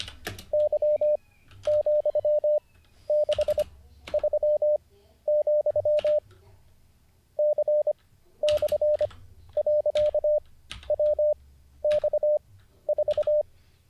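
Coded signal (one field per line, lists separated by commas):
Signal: Morse code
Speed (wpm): 25 wpm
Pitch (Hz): 600 Hz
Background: none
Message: Y,63, C/.WX4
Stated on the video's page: Livestreamed Morse code learning session, day 49.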